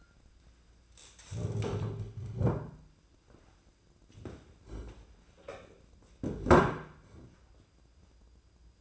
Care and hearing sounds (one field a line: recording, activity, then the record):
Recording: daily activity, microphone in the room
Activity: stand up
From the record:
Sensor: 2